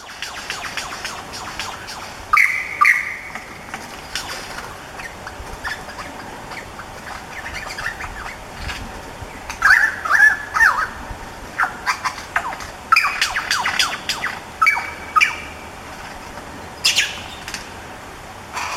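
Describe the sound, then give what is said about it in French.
A mimicking songbird, imitating the calls of other animal species, delivers a varied run of chirps, whistles and harsh squawky notes in irregular bursts, some high and thin, others buzzy, over a steady low background hiss. “Il chante pendant des heures entières s'il le faut et il imite tout. Les cris de 20 autres espèces animales, oiseaux ou non, ou des bruits bien plus surprenants de son environnement.”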